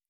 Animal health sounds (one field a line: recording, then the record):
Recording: hydrophone in a shrimp aquaculture tank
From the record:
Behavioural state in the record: normal